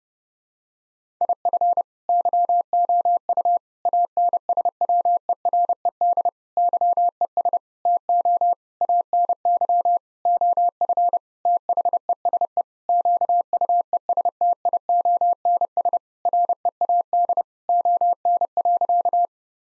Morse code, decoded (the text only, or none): IF YOU ANSWERED YES TO ANY OF THESE QUESTIONS READ ON.